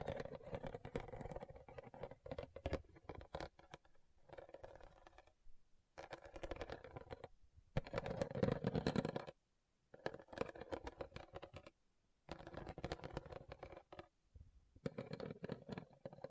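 Rhinestones are tapped and scratched in quick, uneven bursts of crisp clicking and rustling, separated by brief silences throughout.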